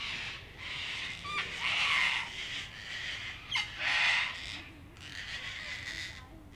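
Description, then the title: Sulphur-crested cockatoos give loud, harsh, raspy screeches in repeated, overlapping bursts. Evening in Canberra, April 2020, recorded during lockdown; many local cockatoos, about 500. "An Evening in Canberra (Feat. 500 Cockies)"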